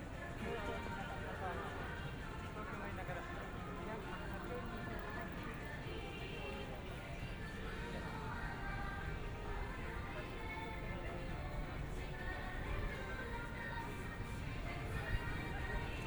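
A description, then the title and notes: A busy street in Shibuya, Tokyo, heard while walking: many voices overlap into a steady crowd murmur. A low traffic rumble runs underneath throughout, and the level stays even for the whole stretch, with only a small bump near the end. 3D AUDIO Walking in Shibuya 渋谷 Tokyo, Japan.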